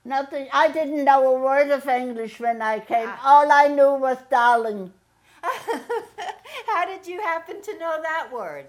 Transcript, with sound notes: Nothing-- I didn't know a word of English when I came. All I knew was "darling."
(laughs) How did you happen to know that word?